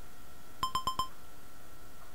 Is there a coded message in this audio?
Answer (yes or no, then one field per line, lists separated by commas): no